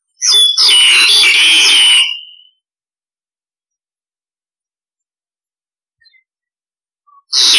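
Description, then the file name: Starling harsh screeching call, one long grating burst of about two seconds, then silence before another burst begins at the end. Starling flock-calling sound, used to lure starlings. "Tieng sao da goi bay"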